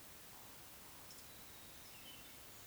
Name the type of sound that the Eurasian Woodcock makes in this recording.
whistle, croak